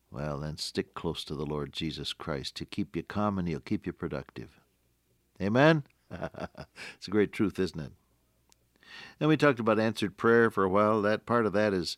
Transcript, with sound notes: Well, then stick close to the Lord Jesus Christ to keep you calm and he’ll keep you productive. Amen? [chuckle] It’s a great truth, isn’t it? Then we talked about answered prayer for a while, that part of that